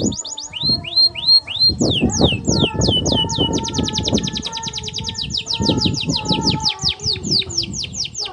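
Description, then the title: Canary song: rising whistled notes give way to a long rapid roll of short sweeping notes, then slower falling phrases, with continuous low clattering background noise. Belgian canary (Kenari AF) warm-up song, used as masteran tutor song to get young canaries singing long rolling song quickly. "Canto Para Esquentar Canário Belga. Kenari AF gacor panjang bagus untuk masteran, Kenari muda cepat gacor ngerol panjang"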